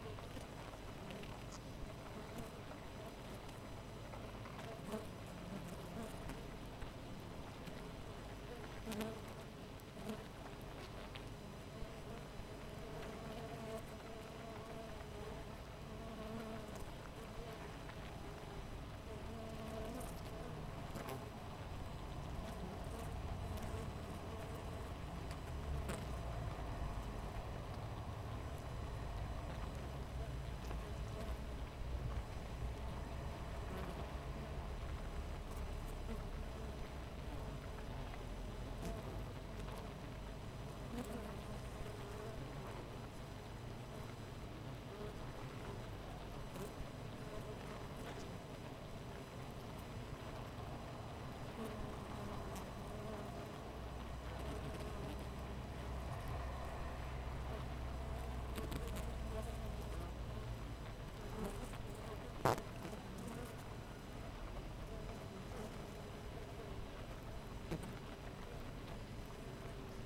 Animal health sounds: honeybee colony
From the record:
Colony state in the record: missing queen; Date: 14 July 2017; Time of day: 5:55

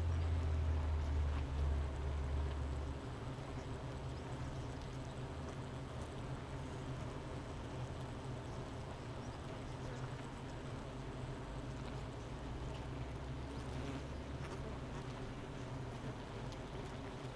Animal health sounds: honeybee colony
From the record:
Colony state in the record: missing queen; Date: 31 May 2018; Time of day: 9:40

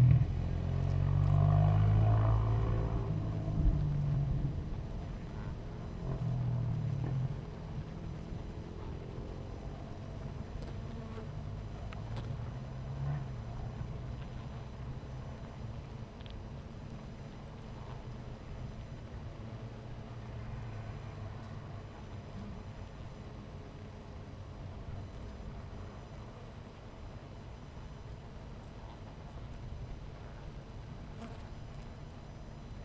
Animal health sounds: honeybee colony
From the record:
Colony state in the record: missing queen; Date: 14 July 2017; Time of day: 11:28

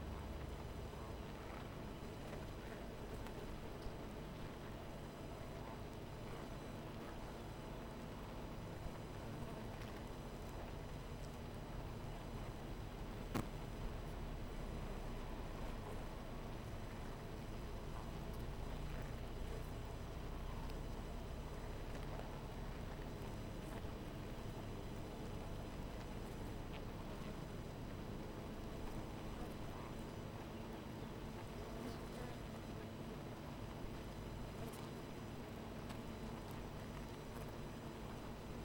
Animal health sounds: honeybee colony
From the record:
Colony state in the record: missing queen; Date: 14 July 2017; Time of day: 12:26

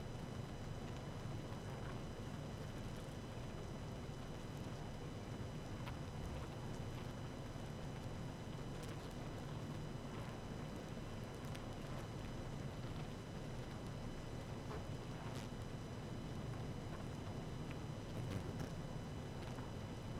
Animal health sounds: honeybee colony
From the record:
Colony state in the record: active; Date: 12 June 2018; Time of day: 18:16

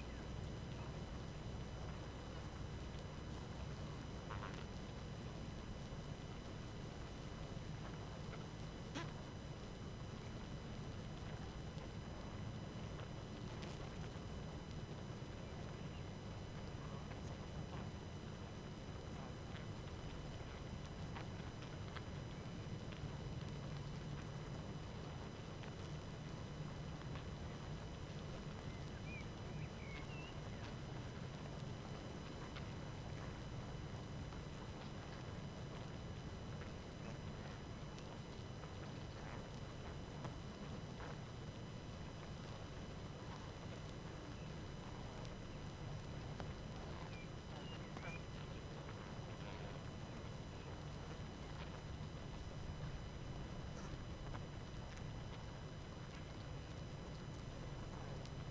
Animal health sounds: honeybee colony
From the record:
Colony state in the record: active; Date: 12 June 2018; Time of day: 19:07

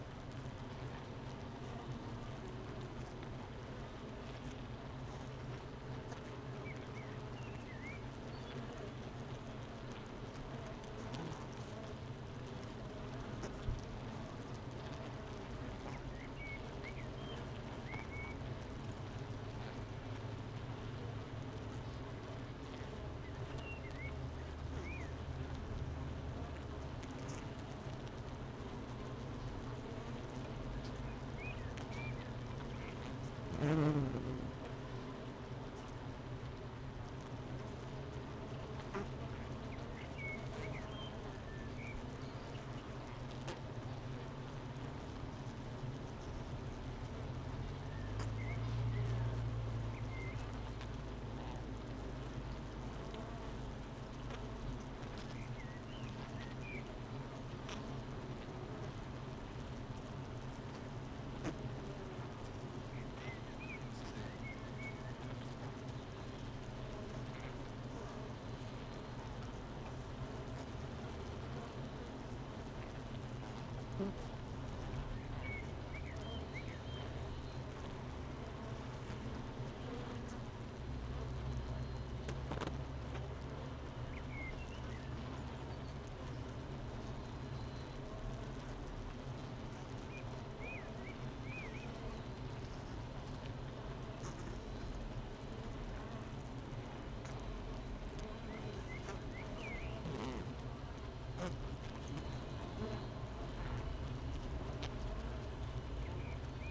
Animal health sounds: honeybee colony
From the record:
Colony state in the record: missing queen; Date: 31 May 2018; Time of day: 8:54

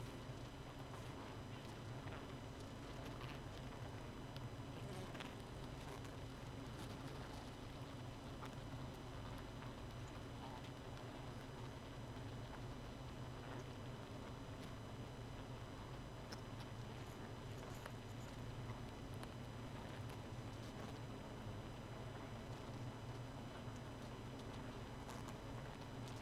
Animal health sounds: honeybee colony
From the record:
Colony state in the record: missing queen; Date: 31 May 2018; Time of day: 0:24

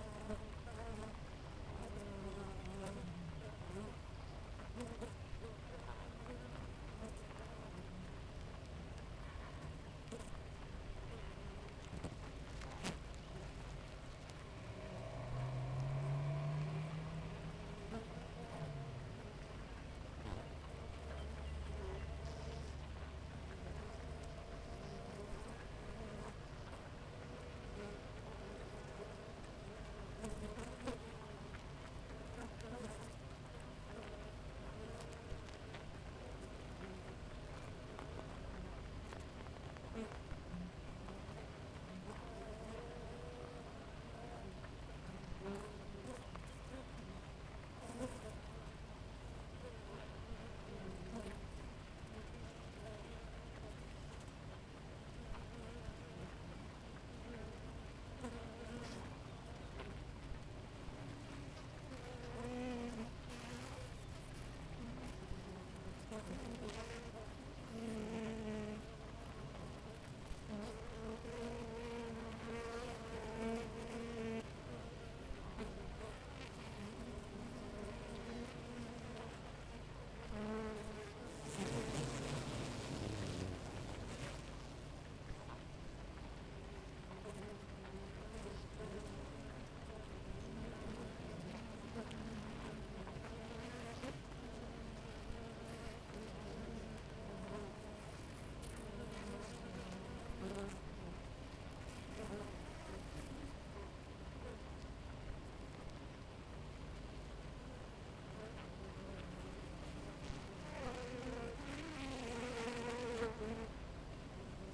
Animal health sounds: honeybee colony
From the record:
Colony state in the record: active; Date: 28 July 2017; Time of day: 5:06

